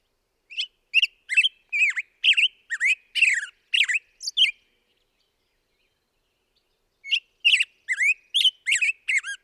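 Black-headed grosbeak warbling a quick run of rich whistles, falling silent for about two seconds, then resuming with another bright phrase.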